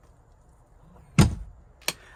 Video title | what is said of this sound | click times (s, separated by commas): How to use elddis pop top | Once you've pressed this button, you'll hear a little click | 1.2 s